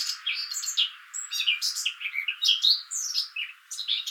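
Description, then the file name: Eurasian blackcap giving a fast, dense burst of squeaky and whistled warbling notes. "Sylvia atricapilla"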